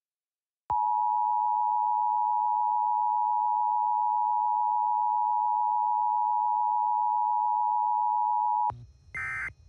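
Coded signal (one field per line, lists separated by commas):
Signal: Emergency Alert System (SAME) tones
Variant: 853 and 960 Hz attention tone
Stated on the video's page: Fictional EAS scenario.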